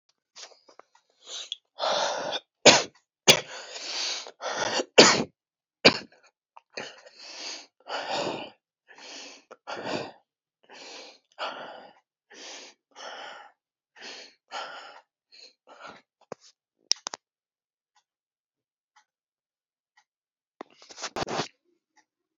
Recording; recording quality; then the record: shallow breathing; excellent, no background noise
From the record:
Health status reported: healthy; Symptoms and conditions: cough, sore throat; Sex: male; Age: 26 years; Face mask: not worn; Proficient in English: yes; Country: India